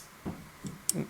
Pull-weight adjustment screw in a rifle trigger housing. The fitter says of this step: clicked it back in order to ensure that there's engagement of this